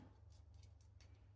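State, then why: Not seated. An anti-reversal latch is being fitted into the shell of a Well Pro WE09 AK12 airsoft gearbox during reassembly. Only a steady low hum and a few faint, soft ticks are heard, with no sharp click. The latch has not seated yet.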